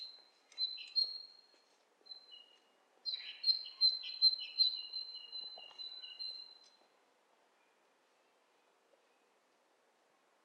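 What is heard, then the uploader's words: Two birds call back and forth in a lo-fi recording, high thin chirps and a sustained whistled tone repeating in bursts. Short calls around one and two seconds lead into a busier tangle of overlapping chirps from three to seven seconds, then near silence. Lo-fi recording of two birds interacting.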